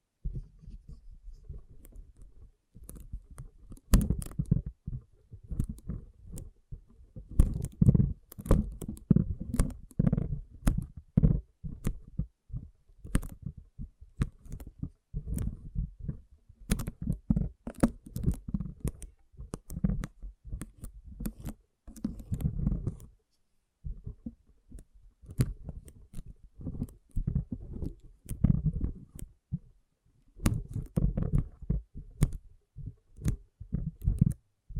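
Water beads are squished and rolled by hand, making dense, wet, squelchy bursts with sharp clicky pops. The sound comes in uneven clusters of low, soft squishes, with brief quiet gaps around 3–4 seconds, 23–24 seconds and 30 seconds.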